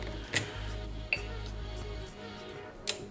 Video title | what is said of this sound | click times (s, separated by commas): RED Scarlet-W Unboxing - Set Up - Test Footage (5K) | nice click there and the | 2.9 s